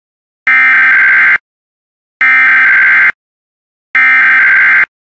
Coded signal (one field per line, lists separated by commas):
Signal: Emergency Alert System (SAME) tones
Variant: header bursts